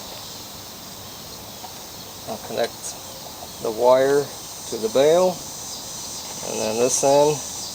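Someone talks while handling the metal end of a new control cable on a Yard Machines mower during a tune-up, connecting the wire to the handlebar bail and lining it up with the bail hole. A steady high-pitched insect-like buzz runs underneath. Nothing has seated or snapped into place yet.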